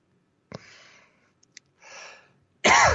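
An adult man coughs on air during a radio broadcast while working remotely without a cough button: a sharp burst, breathy expulsions and a loud final cough in a quiet room.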